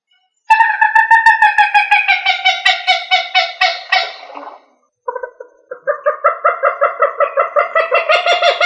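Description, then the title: Rail giving a loud, harsh run of rapid squealing notes that slowly fade, a short pause, then a lower series of rapid harsh notes. "Familia Rallidae"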